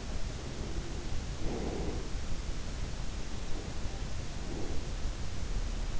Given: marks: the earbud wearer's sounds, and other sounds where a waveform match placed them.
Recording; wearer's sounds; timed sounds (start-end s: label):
sounds in sleep by an in-ear microphone; breath
0.00-2.43 s: breath
3.28-5.36 s: breath